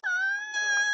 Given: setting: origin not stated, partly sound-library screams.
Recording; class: one-second piece from a danger detection set; woman in danger